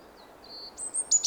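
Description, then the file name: European robin giving faint, thin high whistles that build into sharper, higher piercing notes at the end. "Erithacus rubecula"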